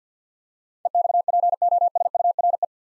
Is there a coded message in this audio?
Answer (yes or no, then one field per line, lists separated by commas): yes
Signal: Morse code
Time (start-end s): 0.9-2.6 s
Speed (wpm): 51 wpm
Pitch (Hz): 700 Hz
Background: none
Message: EXPOSURE